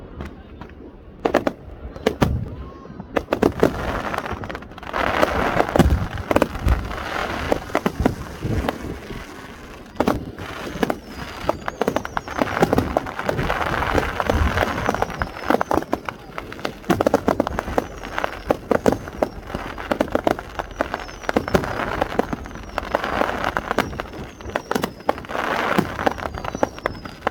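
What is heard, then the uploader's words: A fireworks show in Wasilla, AK, with a dense, continuous rumble of pops and crackles throughout. Sharp bangs stand out near the start and recur irregularly, while fizzing crackle fills the gaps and a few whistling streaks rise in the background. New Year's Eve. Wasilla AK Fireworks. Shot with my Samsung Galaxy S20+. Fireworks Show in Wasilla, AK.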